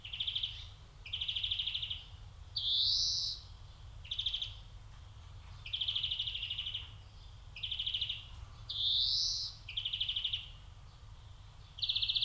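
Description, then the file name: European greenfinch giving short rattling trills with occasional rising wheezy notes, over a constant low hum. "Chloris chloris"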